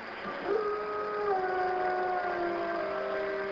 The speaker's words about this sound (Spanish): Esa misma noche, la gente dijo haber visto perros espectrales aullando y rondando la tumba.